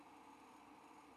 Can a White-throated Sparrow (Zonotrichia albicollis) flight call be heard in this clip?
no